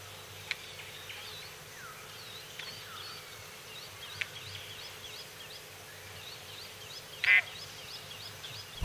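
Crested drongo producing one harsh, scratchy note late on, over a continuous background of faint repeated high chirping and occasional clicks.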